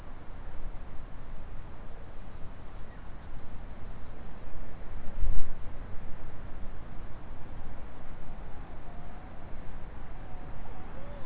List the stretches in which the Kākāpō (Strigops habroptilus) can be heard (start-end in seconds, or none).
none